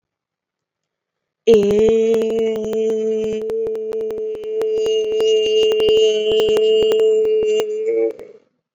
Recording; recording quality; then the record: sustained vowel as in made; excellent, no background noise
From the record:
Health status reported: recovered from COVID-19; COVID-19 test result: negative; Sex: female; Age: 24 years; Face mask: worn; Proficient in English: yes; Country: India